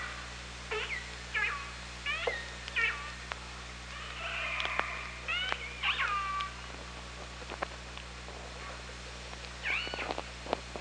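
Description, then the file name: Killer whale pulsed calls, several harmonic upswept and downswept calls repeated throughout, mixed with sharp clicks over a steady low underwater hum. Recorded by OrcaLab hydrophone on 24 August 2017, 18:38. "Orca Lab UTLN JASON 20170824"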